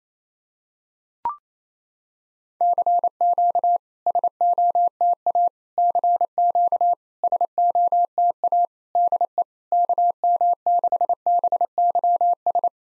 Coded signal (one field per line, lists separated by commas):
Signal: Morse code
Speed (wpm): 28 wpm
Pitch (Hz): 700 Hz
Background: none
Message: CQ SOTA CQ SOTA DE KM6BYS